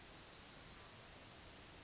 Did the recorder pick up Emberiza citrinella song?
yes